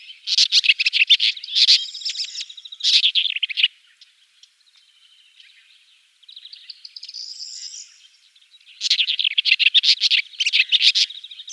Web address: Schulze Peter Woodchat Shrike song